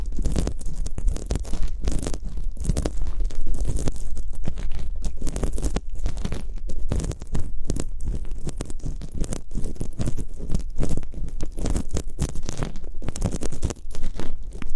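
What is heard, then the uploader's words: Ear picking with several props makes a dense, continuous stream of scratchy, crackling rubs and quick taps. The sound keeps shifting in texture without pause, with a steady low rumble under it and sharp bright clicks scattered throughout. Super comfortable ear picking, immersive, multiple props.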